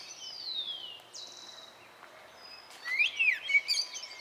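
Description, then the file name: Birds singing: a long whistle sliding down, then a thin buzzy note, then quick chirpy twittering warbles rising and falling, over soft background hiss. Recorded at dawn. "Pajaros de Madrugada"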